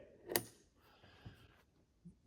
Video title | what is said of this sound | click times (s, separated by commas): Giving Machine PA | until the the holes line up and then push it in and you'll hear it click. | 0.4 s